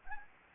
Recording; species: mosquito wingbeat signal from an infrared sensor; Anopheles gambiae